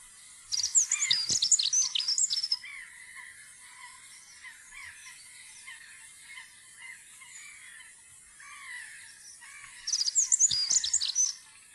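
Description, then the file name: Dunnock song: a brisk, high, jingling warble lasting about two seconds, heard twice, with faint twittering in the background between phrases. "jernspurv"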